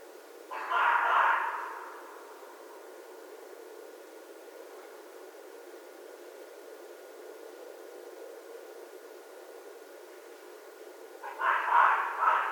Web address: Red Fox 2012 01 13 Red Fox